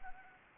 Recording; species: mosquito wingbeat signal from an infrared sensor; Anopheles arabiensis